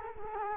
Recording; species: mosquito wingbeat signal from an infrared sensor; Culex quinquefasciatus